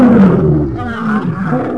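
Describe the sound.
Lion giving a short, deep, rumbling roar.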